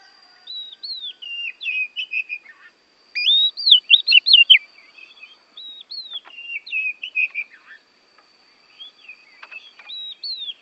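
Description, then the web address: Oriental magpie-robin song of clear whistled notes and slurs in short bursts separated by brief gaps, loudest in the middle, with a constant faint high hum. Borneo; recording made for training songbirds (masteran). "kacer borneo. masteran kacer"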